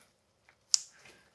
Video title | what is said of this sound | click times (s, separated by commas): Stihl Kombi 131 trimmer clutch & shaft replacement service guide. Help maintain your local trails 👍 | Just like that. It should snap into place right there. | 0.7 s